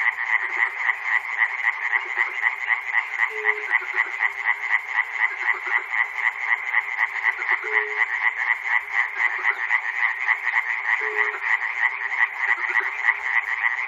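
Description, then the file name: Frog chorus of fast, steady rattling croaks, many callers overlapping, with a few brief lower notes every few seconds. Frogs recorded at Chernobyl. "peter cusack-chernobyl frogs"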